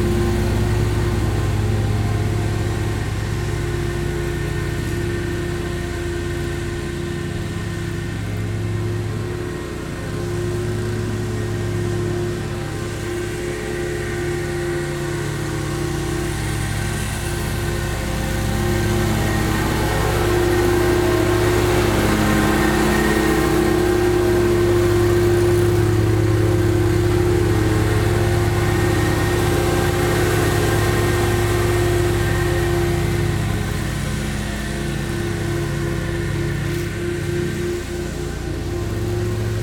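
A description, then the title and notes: Lawn maintenance crew cutting the grass, a mower engine droning steadily with a low hum and a sustained whining tone on top. The pitch wavers slightly as the machine works, growing a bit louder around the middle twenty seconds before easing back. Cutting the Grass. The lawn maintenance company cutting our lawn.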